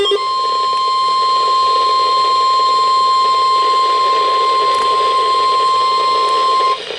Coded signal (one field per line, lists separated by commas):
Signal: Emergency Alert System (SAME) tones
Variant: 1050 Hz attention tone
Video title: EAS Alerts from 7/27/2023